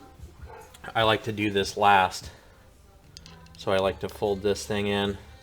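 On a Banshee ATV shifter, the metal shift spring is being folded in by hand next to the shift star while someone talks. Only faint handling taps are heard between the speech, and the spring has not snapped into place yet.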